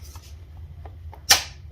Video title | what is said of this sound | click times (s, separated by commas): ILIFE EASINE W100 Cordless Wet Dry Vacuum Cleaner and Mop, Strong Suction | and as soon as you hear a click, it's on. | 1.3 s